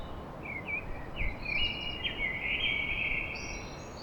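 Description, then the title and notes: Common blackbird singing one long fluty, warbling phrase that ends in high squeaky twitters, over steady background noise. Song recorded at dawn in Paris. "Blackbird Poetry At Paris. Enregistrement d'un chant de merle à l'aube dans Paris"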